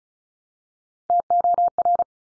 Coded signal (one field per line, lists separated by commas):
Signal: Morse code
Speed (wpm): 34 wpm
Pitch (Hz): 700 Hz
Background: none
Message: TOR